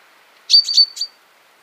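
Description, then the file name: Common chaffinch calls: four short, bright notes in quick succession, with a clear tonal centre and a sharp onset. "Fringilla coelebs"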